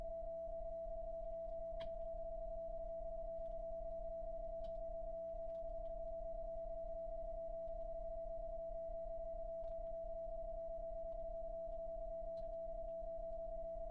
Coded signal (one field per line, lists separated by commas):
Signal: PSK31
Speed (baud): 31.25 baud